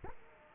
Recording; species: mosquito wingbeat signal from an infrared sensor; Culex quinquefasciatus